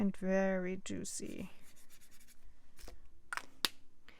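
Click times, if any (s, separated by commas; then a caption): 3.6 s. Someone talks briefly, then a paint marker scratches and rubs across paper before its plastic cap is pushed back on. The cap snaps home with a crisp, sharp click at 3.6 s and seats firmly.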